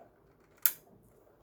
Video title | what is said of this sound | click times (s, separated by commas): TP-Link Archer AX50 WiFi Router Installation Part-2 | carefully you will hear a click so | 0.7 s